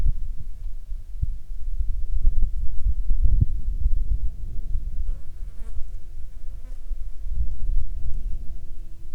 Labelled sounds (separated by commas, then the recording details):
wind, insects
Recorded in the Arctic National Wildlife Refuge, Alaska, on 22 June 2021 at 18:21
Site 42